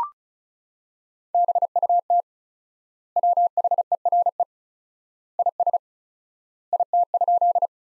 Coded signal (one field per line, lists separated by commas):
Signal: Morse code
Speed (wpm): 34 wpm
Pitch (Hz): 700 Hz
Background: none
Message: BUT WHERE IS IT?